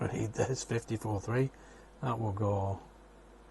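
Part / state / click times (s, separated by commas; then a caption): plastic model stove into compartment mounting / not seated / none. A small plastic stove part, number 54-3 from kit 54 of the Hachette U96 U-boat model, is handled before being press-fitted without glue into its spot in the model submarine compartment. A man talks over the handling, then the clip goes quiet with only faint background noise. Nothing has seated or clicked yet.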